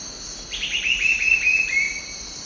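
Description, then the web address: Red-billed scythebill singing a quick descending run of bright notes, with a steady buzzing insect background. Immature bird singing, Eastern Lowlands of South America. "Natures Songs S America Eastern Lowlands. Campylorhamphus trochilirostris, song immature"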